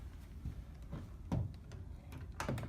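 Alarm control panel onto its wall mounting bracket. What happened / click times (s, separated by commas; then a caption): The panel is handled against its mount but not yet confirmed home / none. A plastic Qolsys IQ security alarm control panel, its battery just plugged in, is flipped up and handled against its wall-mounted back plate, with soft knocks and rubs and sharper taps near 1.3 s and 2.4 s. The clip ends just before the panel is pressed home, so nothing has seated or clicked yet.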